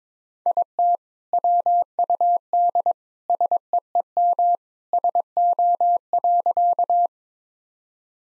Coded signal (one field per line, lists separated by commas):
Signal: Morse code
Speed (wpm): 21 wpm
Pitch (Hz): 700 Hz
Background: none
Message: IT WUD SEEM SO.